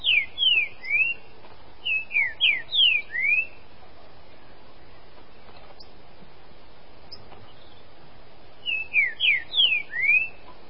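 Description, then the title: Green-winged saltator singing short phrases of several slurred whistles, with a long pause before the last phrase. "Trinca Ferro"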